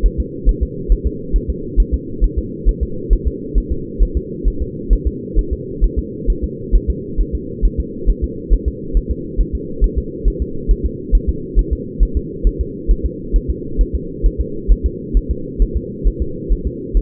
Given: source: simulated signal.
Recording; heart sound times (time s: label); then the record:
fetal heart sounds
0.06 s: S1
0.20 s: S2
0.49 s: S1
0.63 s: S2
0.92 s: S1
1.06 s: S2
1.36 s: S1
1.50 s: S2
1.80 s: S1
1.94 s: S2
2.24 s: S1
2.38 s: S2
2.69 s: S1
2.83 s: S2
3.13 s: S1
3.27 s: S2
3.58 s: S1
3.72 s: S2
4.03 s: S1
4.17 s: S2
4.48 s: S1
4.62 s: S2
4.93 s: S1
5.07 s: S2
5.39 s: S1
5.53 s: S2
5.84 s: S1
5.99 s: S2
6.30 s: S1
6.44 s: S2
6.75 s: S1
6.90 s: S2
7.21 s: S1
7.35 s: S2
7.65 s: S1
7.80 s: S2
8.10 s: S1
8.24 s: S2
8.53 s: S1
8.68 s: S2
8.97 s: S1
9.11 s: S2
9.40 s: S1
9.55 s: S2
9.84 s: S1
9.98 s: S2
10.28 s: S1
10.42 s: S2
10.71 s: S1
10.86 s: S2
11.15 s: S1
11.29 s: S2
11.59 s: S1
11.73 s: S2
12.03 s: S1
12.17 s: S2
12.47 s: S1
12.61 s: S2
12.91 s: S1
13.06 s: S2
13.36 s: S1
13.50 s: S2
13.81 s: S1
13.95 s: S2
14.26 s: S1
14.40 s: S2
14.72 s: S1
14.86 s: S2
15.17 s: S1
15.31 s: S2
15.62 s: S1
15.77 s: S2
16.07 s: S1
16.22 s: S2
16.52 s: S1
16.67 s: S2
16.97 s: S1
From the record:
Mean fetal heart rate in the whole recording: 135 bpm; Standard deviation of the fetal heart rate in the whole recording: 3 bpm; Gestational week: 36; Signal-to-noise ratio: -4.3 dB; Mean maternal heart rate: 72 bpm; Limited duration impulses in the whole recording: absent